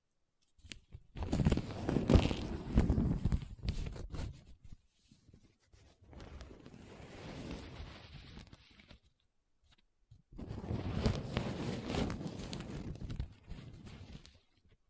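Paper being rubbed and scratched in three bursts, a loud rough one first, a softer middle stretch, then a final scraping run, with brief silences between.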